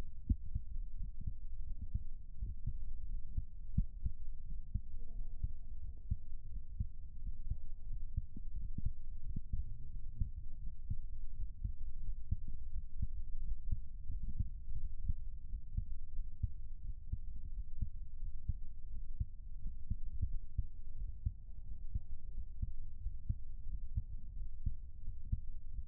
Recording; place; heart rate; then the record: heart sounds by stethoscope; pulmonary valve (PV); 87 bpm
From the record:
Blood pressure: 117/82 mmHg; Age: 40 years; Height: 173 cm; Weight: 95 kg